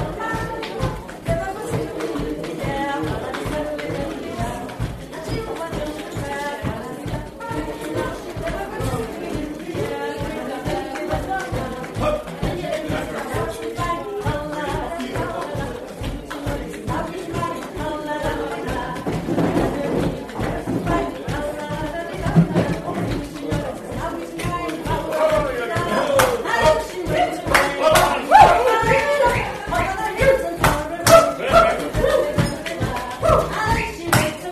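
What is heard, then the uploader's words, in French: A lively bar ambience with many voices talking at once indoors. The chatter stays dense and steady, with a faint regular beat underneath, and grows louder and busier after about twenty seconds, with sharper bright clinks and bursts near the end. Kerry's bar a théme une chouette ambiance dans ce bar !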